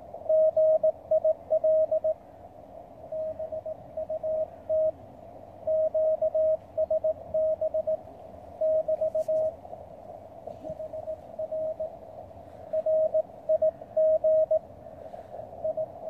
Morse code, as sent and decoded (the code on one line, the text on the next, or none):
--. .. .-.. / -... ..- - / --.- ... -... / -...- / .... .-. / .-. .. --. / ..
GIL BUT QSB <BT> HR RIG I